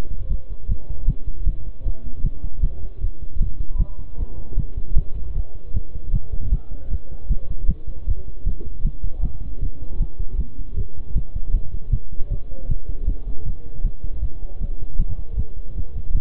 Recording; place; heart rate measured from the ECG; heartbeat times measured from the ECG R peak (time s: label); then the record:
heart sounds by stethoscope; between the tricuspid and mitral areas; 155 bpm
0.30 s: heartbeat
0.69 s: heartbeat
1.08 s: heartbeat
1.47 s: heartbeat
1.85 s: heartbeat
2.24 s: heartbeat
2.63 s: heartbeat
3.02 s: heartbeat
3.41 s: heartbeat
3.79 s: heartbeat
4.18 s: heartbeat
4.58 s: heartbeat
4.97 s: heartbeat
5.35 s: heartbeat
5.75 s: heartbeat
6.14 s: heartbeat
6.52 s: heartbeat
6.91 s: heartbeat
7.30 s: heartbeat
7.69 s: heartbeat
8.07 s: heartbeat
8.46 s: heartbeat
8.85 s: heartbeat
9.23 s: heartbeat
9.62 s: heartbeat
10.01 s: heartbeat
10.39 s: heartbeat
10.77 s: heartbeat
11.16 s: heartbeat
11.54 s: heartbeat
11.93 s: heartbeat
12.31 s: heartbeat
12.69 s: heartbeat
13.07 s: heartbeat
13.46 s: heartbeat
13.85 s: heartbeat
14.22 s: heartbeat
14.61 s: heartbeat
14.99 s: heartbeat
15.37 s: heartbeat
15.76 s: heartbeat
16.15 s: heartbeat
From the record:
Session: bicycle stress test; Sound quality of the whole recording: good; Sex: male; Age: 23 years